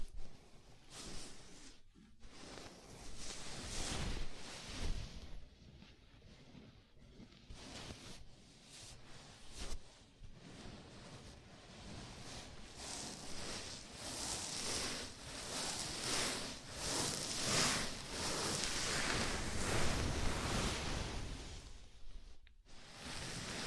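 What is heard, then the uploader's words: A scalp massage: fingers rub and scratch through hair in a dense, rustling hiss that fills the whole clip. The scratching comes in quick, uneven strokes, with brief pauses near two and twenty-two seconds, and grows fuller and steadier in the second half. ASMR Sleepy Scalp Massage (No Talking).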